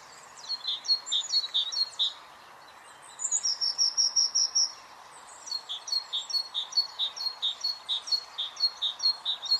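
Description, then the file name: Great tit calls: rapid series of short high notes in bursts separated by brief pauses, over steady background hiss. "Parus major"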